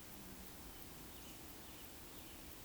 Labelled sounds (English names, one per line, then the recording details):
Eurasian Woodcock whistle
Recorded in Baden-Württemberg, Germany, on 13 June 2021 at 19:55 UTC
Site 23718, 552 m above sea level